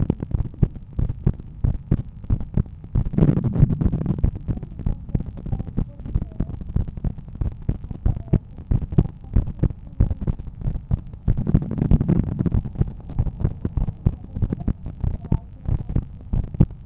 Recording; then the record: heart sounds by stethoscope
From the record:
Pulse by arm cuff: 93 bpm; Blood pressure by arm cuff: 145/88 mmHg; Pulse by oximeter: 95 bpm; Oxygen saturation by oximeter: 96%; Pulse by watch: 103 bpm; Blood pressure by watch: 128/84 mmHg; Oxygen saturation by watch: 97%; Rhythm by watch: sinus rhythm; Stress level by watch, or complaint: low stress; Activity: after 5 min smoking and 1 beer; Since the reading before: plus 400 steps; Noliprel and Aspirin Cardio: no pills today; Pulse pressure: 57 mmHg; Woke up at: 7:30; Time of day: 17:50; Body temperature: 36.4 C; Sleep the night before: 9 h 22 min, score 68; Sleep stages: REM 22%, light 66%, deep 4%, awake 8%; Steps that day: 11800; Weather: sunny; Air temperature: 21 C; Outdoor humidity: 65%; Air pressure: 1014 hPa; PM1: 4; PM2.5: 6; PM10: 8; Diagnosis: hypertension, treated with Noliprel and Aspirin Cardio 100 mg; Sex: male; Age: 53 years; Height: 174 cm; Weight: 81 kg